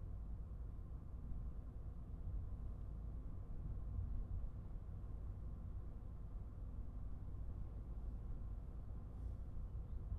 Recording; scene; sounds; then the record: everyday scene through a hearing-aid microphone; in a vehicle; engine, traffic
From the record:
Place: Skoda Fabia, gasoline engine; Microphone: behind the ear, right, front